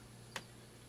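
A 2.5-inch IDE hard drive connector is reseated into an adapter card, giving a single sharp click at 0.4 s over a quiet, steady background hum. The connector is now seated.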